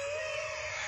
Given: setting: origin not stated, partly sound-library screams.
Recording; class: one-second piece from a danger detection set; woman in danger